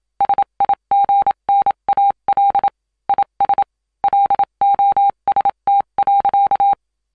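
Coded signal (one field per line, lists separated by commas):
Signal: Morse code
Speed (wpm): 27 wpm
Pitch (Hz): 800 Hz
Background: none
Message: SIGNAL IS LOST.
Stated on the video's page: SOS Morse code sound effect, various World War style Morse transmitter sounds.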